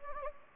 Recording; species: mosquito wingbeat signal from an infrared sensor; Anopheles gambiae